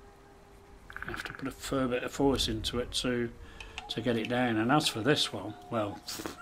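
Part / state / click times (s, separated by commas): folding tool into knife handle / seated / 0.9 s, 1.0 s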